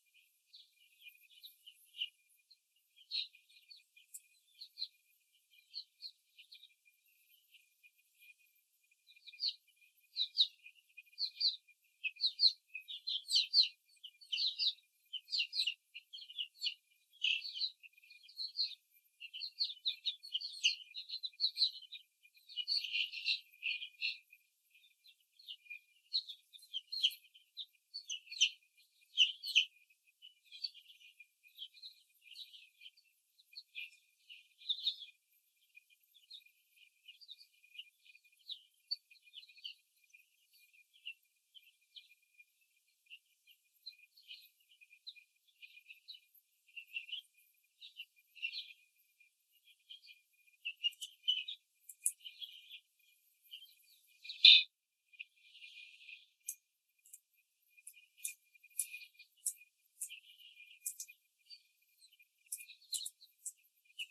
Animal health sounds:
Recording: young laying hens in a cage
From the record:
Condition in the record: before the stressor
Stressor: simulated dog barking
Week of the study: 3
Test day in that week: 1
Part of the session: 2

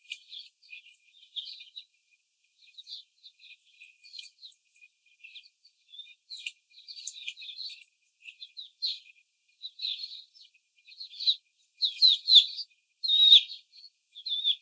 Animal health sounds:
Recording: young laying hens in a cage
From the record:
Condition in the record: after the stressor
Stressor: simulated dog barking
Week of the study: 4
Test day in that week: 3

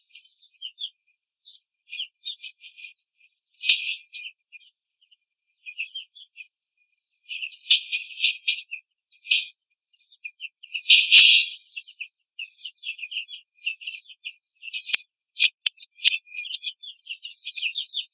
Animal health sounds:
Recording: young laying hens in a cage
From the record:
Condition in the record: control cage, before the stress test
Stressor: none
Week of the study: 4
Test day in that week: 1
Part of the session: 4

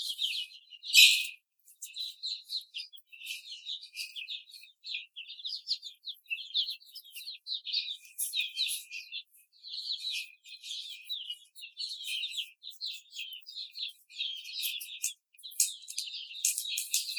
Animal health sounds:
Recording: young laying hens in a cage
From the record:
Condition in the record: after the stressor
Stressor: simulated dog barking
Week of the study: 4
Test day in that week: 2

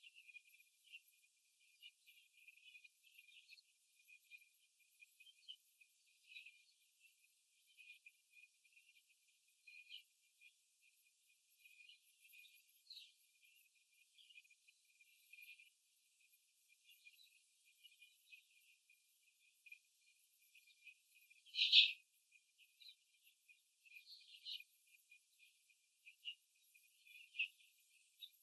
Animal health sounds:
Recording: young laying hens in a cage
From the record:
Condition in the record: after the stressor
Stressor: simulated dog barking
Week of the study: 3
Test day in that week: 2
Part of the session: 4

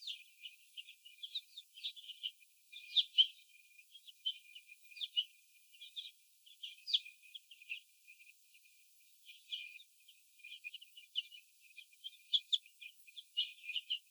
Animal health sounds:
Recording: young laying hens in a cage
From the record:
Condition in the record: after the stressor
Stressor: sudden umbrella opening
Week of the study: 2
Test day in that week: 1

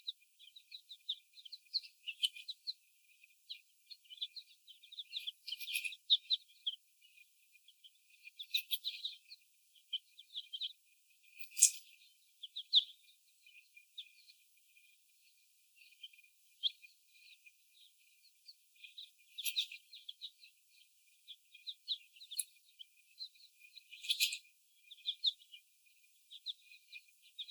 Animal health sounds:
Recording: young laying hens in a cage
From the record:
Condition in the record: before the stressor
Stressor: sudden umbrella opening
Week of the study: 1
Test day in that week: 1

